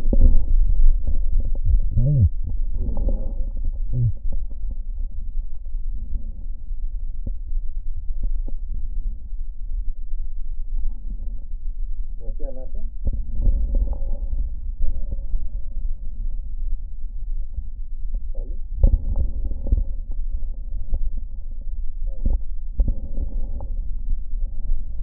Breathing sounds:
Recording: lung sounds by stethoscope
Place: right posterior basal chest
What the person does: quiet breathing, then deep breathing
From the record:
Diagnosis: COPD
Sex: female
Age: 80 years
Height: 160 cm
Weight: 62 kg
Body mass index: 24.2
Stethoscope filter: diaphragm mode

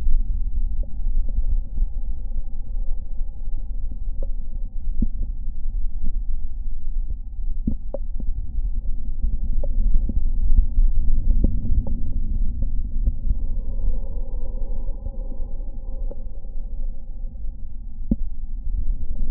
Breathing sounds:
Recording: lung sounds by stethoscope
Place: right anterior apical chest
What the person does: quiet breathing, then deep breathing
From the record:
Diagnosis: COPD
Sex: male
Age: 60 years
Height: 171 cm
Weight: 59.4 kg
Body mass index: 20.3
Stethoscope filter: diaphragm mode

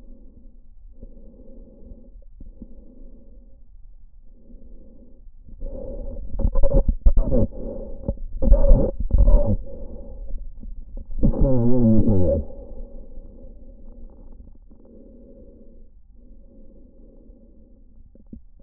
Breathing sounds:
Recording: lung sounds by stethoscope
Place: trachea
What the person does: quiet breathing, then cough and speech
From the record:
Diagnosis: COPD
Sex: male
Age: 70 years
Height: 174 cm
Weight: 94 kg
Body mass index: 31.0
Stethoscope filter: diaphragm mode

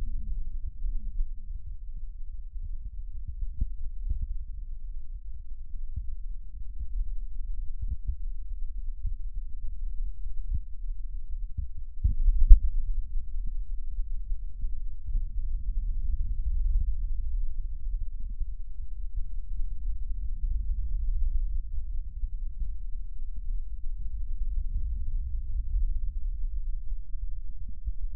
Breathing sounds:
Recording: lung sounds by stethoscope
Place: right posterior apical chest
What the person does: quiet breathing, then deep breathing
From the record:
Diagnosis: pulmonary infection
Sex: male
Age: 74 years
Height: 171 cm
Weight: 80 kg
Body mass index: 27.4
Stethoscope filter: bell mode

